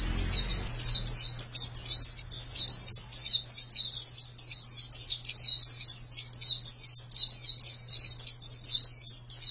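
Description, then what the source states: White-eye singing a continuous, high-pitched chatter of quick downslurred tweets, densely strung together without pause, over a soft steady low hum. Chirping song of the white-eye.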